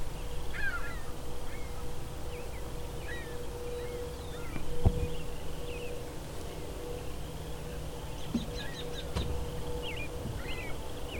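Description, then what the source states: Ring-billed gulls calling in brief slurred mews scattered throughout, with a steady hum and a couple of sharp knocks in the background. Some ring-billed gulls calling out to each other; one circled back.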